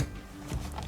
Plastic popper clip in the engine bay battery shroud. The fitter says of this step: and to get these out you basically push it like it's a button and you'll hear a click